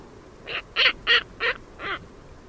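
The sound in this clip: Bird calls: five harsh, hoarse caw-like notes in a loose series, the middle ones loudest, with little else audible.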